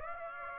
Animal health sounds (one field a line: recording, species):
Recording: mosquito wingbeat signal from an infrared sensor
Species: Aedes aegypti